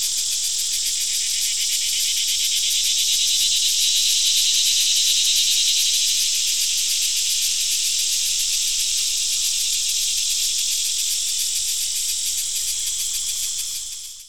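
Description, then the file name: Crickets chirping as a steady, unbroken high-pitched buzzing drone with fine rapid pulsing, fading out abruptly at the very end. Crickets, with a cicada also present. "Digiffects Sound Effects Library - Crickets and a Cicada"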